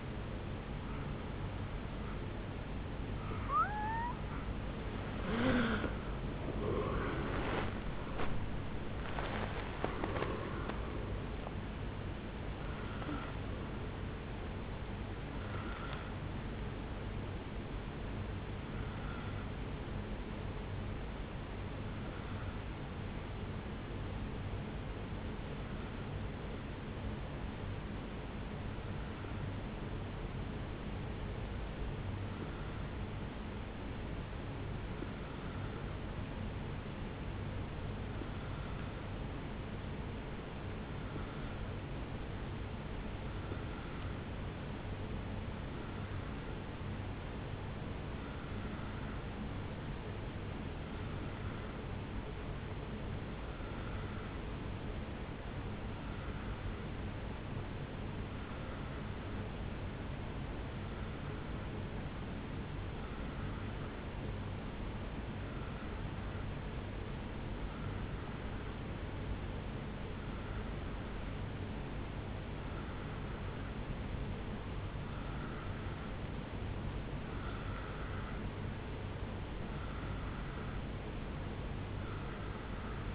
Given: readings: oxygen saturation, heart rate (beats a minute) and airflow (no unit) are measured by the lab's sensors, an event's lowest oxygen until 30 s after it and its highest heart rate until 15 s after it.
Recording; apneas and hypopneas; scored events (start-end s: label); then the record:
breathing in sleep by a voice recorder at the bedside; 1
23.00-77.70 s: hypopnea (N2, oxygen 97% highest, then 88% lowest, heart rate 54 at the start, 71 highest)
69.00-83.15 s: new sleep stage, N3 (deep sleep)
From the record:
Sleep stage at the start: N2 (light sleep); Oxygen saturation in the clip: 87 to 97%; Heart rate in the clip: 52 to 78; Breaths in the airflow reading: 18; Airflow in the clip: -10.1 to 8.3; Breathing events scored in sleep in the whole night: 449 in 7.0 hours asleep